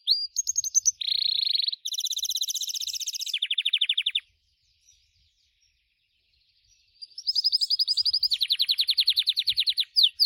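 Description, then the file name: Gloster canary singing varied phrases, buzzy rolls and rapid high trills, falling silent for about three seconds before resuming with long rapid trills. "canto do canario gloster"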